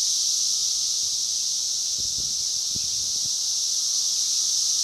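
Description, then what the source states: Cicadas keep up a constant high whirring buzz, with a few low taps or thumps around the middle. Multiple cicadas.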